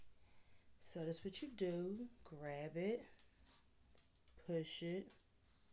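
Someone talks while handling a plastic auto-injector pen that is about to be pressed against the skin to start the injection. Nothing has clicked or seated yet when the clip ends, just before the pen's first click.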